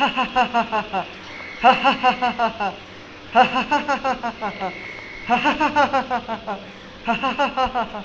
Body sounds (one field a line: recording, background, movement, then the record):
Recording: laughter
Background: traffic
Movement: sitting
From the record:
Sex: male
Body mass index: 20.6 kg/m2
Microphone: on the chest, facing the body